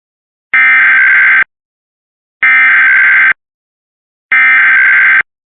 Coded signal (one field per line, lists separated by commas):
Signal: Emergency Alert System (SAME) tones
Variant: header bursts